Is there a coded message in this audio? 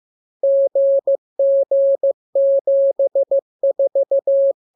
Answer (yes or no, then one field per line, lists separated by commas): yes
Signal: Morse code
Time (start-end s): 0.4-4.5 s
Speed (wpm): 15 wpm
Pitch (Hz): 550 Hz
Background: none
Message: GG74